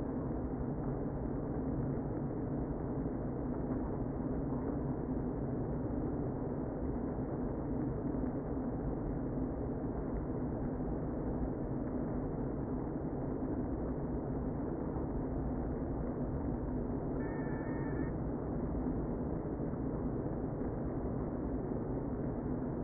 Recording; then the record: honeybee colony, microphone inside the hive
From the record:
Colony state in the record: queen present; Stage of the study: before two queens were removed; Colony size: about 60,000 bees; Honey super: yes